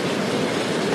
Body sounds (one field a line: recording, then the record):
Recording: background sound without coughing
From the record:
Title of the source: Office Sounds Ambience - Background Noise for Study and Work